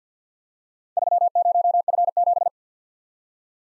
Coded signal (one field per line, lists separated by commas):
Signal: Morse code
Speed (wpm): 48 wpm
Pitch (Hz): 700 Hz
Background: none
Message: 30F7